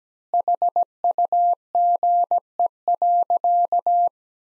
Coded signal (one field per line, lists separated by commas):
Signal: Morse code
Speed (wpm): 17 wpm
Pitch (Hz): 700 Hz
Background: none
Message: HUGE.